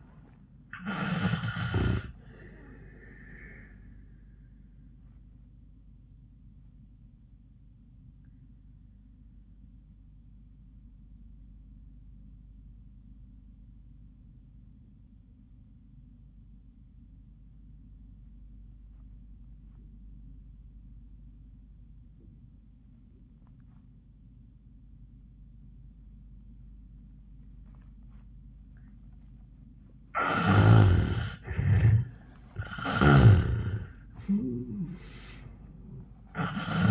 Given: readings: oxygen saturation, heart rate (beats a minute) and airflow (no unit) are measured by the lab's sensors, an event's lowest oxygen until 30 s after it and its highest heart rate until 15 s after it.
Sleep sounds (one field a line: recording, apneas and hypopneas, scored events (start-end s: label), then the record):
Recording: breathing in sleep by a smartphone at the bedside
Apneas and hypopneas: 1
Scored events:
7.00-30.80 s: obstructive apnea (REM, oxygen 89% highest, then 65% lowest, heart rate 85 at the start, 96 highest)
From the record:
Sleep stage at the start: REM sleep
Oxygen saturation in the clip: 64 to 89%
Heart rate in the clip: 67 to 96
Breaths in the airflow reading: 2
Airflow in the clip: -30.7 to 14.6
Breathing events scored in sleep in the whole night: 400 in 8.7 hours asleep